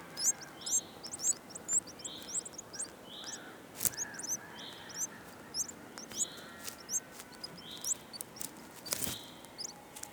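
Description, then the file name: Eurasian wren calls: high, sharp chirping notes in quick irregular series, with shorter flat whistled notes repeating every second or so and some background noise. "Troglodytes troglodytes"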